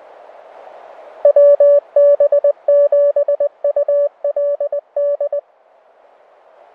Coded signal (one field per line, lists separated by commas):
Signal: Morse code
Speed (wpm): 18 wpm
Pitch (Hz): 580 Hz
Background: none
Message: WB7ULD